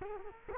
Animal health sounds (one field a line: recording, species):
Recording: mosquito wingbeat signal from an infrared sensor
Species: Culex quinquefasciatus